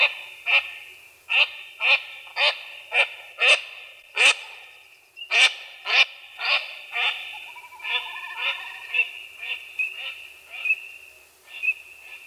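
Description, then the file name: Eurasian teal: a series of short, ringing calls repeated about every half second, softer towards the end, over a steady high background hiss. "Anas crecca"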